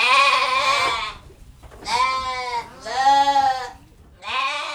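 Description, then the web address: Sheep bleating, four drawn-out quavering bleats, the last cut off, with short gaps between them. Ewes on a farm. "Les brebis. un jour a la ferme"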